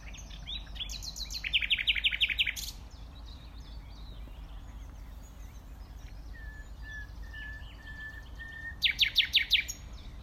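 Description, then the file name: Common nightingale song: a loud burst of rapid repeated notes, a quiet pause with a few thin whistles, then another rattling burst near the end. "Luscinia megarhynchos"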